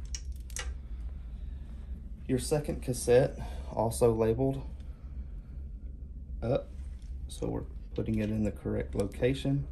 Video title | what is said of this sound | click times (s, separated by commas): Lumbar Drain | this little slot this is the buret slides onto the cassette and clicks in place | 0.1 s, 0.6 s